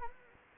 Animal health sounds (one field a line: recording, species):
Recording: mosquito wingbeat signal from an infrared sensor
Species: Anopheles gambiae